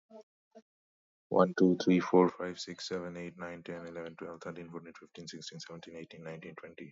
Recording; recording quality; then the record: counting at a fast pace; excellent, no background noise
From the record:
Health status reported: healthy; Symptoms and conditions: none ticked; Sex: male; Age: 33 years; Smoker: not ticked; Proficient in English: yes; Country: India